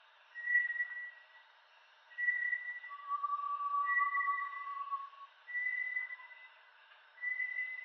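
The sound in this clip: Bartlett's tinamou whistling in repeated level notes, overlapped by a long lower steady whistle, over a faint background hiss.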